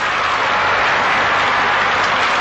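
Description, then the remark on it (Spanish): An audience applauds steadily, a dense wash of many hands clapping at once with no individual claps standing out, loud and continuous throughout with no voices. “Ahora están aplaudiendo.”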